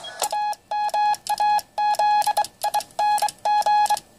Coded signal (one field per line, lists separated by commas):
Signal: Morse code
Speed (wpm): 23 wpm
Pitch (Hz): 840 Hz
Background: none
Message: AMAZING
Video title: TenTec Power Mite PM3A QSO N4LQ Strikes Again